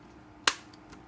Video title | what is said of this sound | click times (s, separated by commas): Replace Your Harbor Freight Welding Mask Batteries | and it snaps back in | 0.5 s